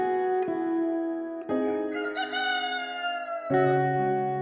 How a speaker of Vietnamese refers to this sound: Ngay khi trời vừa bừng sáng, mấy con gà đá thầy nuôi vừa thay phiên nhau cất lên tiếng gái